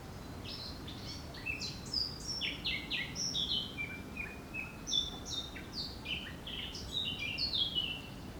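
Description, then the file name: Eurasian blackcap warbling song: a steady, rapid stream of varied chirps and slurred high notes, continuous throughout, over a faint background hiss. "Sylvia atricapilla"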